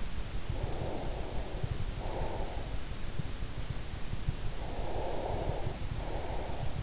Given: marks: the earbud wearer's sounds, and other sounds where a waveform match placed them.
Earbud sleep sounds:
sounds in sleep by an in-ear microphone; breath
0.52-2.83 s: breath
4.55-6.83 s: breath

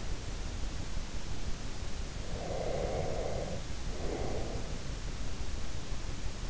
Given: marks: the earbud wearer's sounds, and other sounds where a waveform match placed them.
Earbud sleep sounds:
sounds in sleep by an in-ear microphone; breath
2.30-4.93 s: breath

